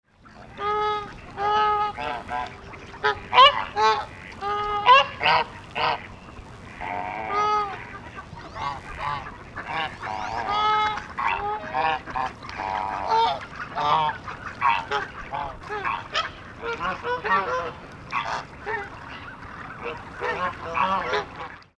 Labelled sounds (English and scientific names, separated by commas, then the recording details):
Swan Goose (Anser cygnoides)
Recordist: Tembrock, Günter
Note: Rufe einer Gruppe